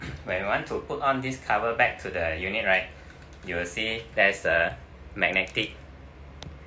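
A magnetic cover is put back onto an Atmosphere MINI air purifier unit while someone talks. At 6.4 s, a single sharp click is heard as the magnet snaps the cover into place on the unit, seating it.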